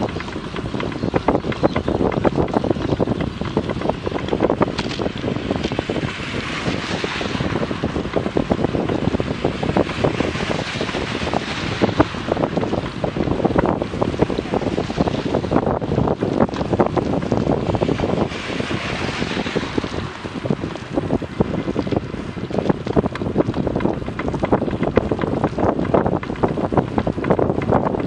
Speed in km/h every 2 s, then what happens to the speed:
31, 30, 29, 30, 30, 31, 30, 29, 30, 30, 29, 30, 30, 30.
0-28 steady at about 30.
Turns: none.